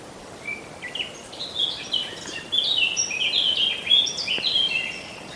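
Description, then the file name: Eurasian blackcap warbling song, a quick run of varied, fluty and scratchy high notes rising in energy and pouring on nearly without pause over a soft hiss. "Sylvia atricapilla"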